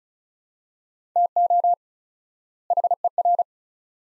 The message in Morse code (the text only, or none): TO HER